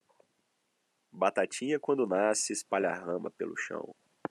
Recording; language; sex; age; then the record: short text; Brazilian Portuguese; male; 20 to 29 years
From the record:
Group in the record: control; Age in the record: 27 years